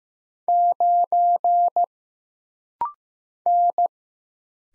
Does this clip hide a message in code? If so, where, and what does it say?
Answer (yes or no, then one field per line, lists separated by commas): yes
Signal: Morse code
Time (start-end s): 0.5-3.9 s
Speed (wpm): 15 wpm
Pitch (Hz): 700 Hz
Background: none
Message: 9 N